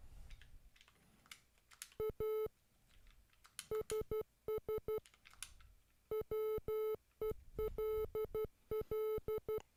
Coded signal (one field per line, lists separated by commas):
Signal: Morse code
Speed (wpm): 12 wpm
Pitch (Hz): 430 Hz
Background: music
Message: ASS WELL